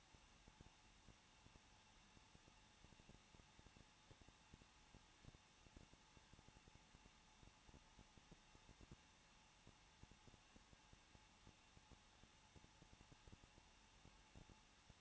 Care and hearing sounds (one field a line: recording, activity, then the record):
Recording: daily activity, microphone in the room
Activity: no activity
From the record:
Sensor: 1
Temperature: 20.1 degrees Celsius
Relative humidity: 39.1%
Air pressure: 1006.3 hPa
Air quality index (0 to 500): 217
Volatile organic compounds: 75 ppm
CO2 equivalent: 3560 ppm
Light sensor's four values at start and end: 1/2/1/1 and 1/2/1/1